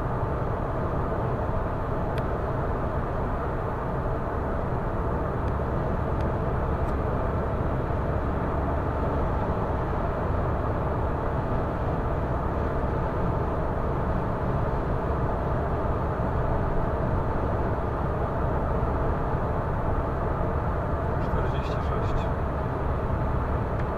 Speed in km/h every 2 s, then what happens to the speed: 121, 121, 122, 126, 127, 126, 126, 126, 126, 126, 126, 126.
0-24 steady at about 126.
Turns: none.